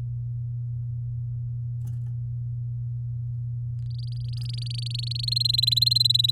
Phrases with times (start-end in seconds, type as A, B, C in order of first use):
3.90-5.34 A, 5.36-6.31 B